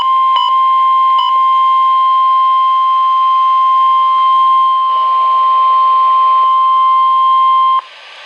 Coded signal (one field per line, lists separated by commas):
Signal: Emergency Alert System (SAME) tones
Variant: 1050 Hz attention tone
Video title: NOAA - Special Marine Warning (EAS #1,278)